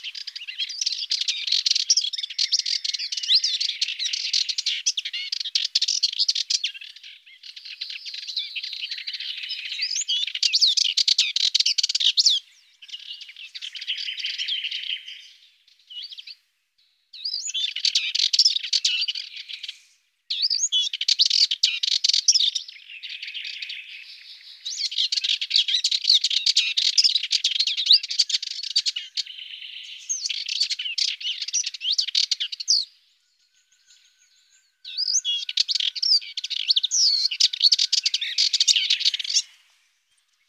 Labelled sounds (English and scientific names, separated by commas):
Subalpine Warbler (Sylvia cantillans) song